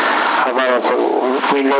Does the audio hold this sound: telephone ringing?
no